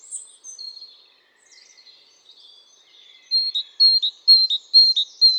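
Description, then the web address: Great tit song begins after soft chirps and high squeaks, then a crisp run of repeated two-note phrases to the end. "SETE data Parus major"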